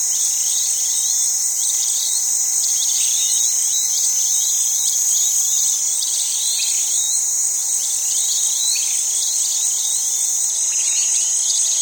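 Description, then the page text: Cicadas keep up a steady, piercing buzz, overlaid by frequent quick bird chirps. Cicadas at savanna water holes in Senegal during the dry season, with birds calling. "BBC Africa Senegal. Senegal: Suleti water holes on savanna (during dry season, with insects & birds (cicadas, purple starlings, distant red-beaked hornbills & doves)"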